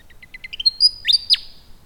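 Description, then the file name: Willie wagtail call: a rapid series of short high notes stepping upward, then a sustained whistle and two bright sweeping notes ending in a quick downslur. "Rhipidura Leucophrys"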